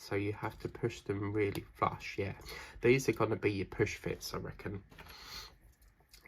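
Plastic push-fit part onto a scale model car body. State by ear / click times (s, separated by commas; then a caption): seated / 6.1 s, 6.3 s. A plastic push-fit part is pressed flush onto its mount on the body of a 1989 Batmobile scale model car while someone talks. Two short clicks follow at 6.1 and 6.3 seconds, signalling that the part has seated and gone on perfectly.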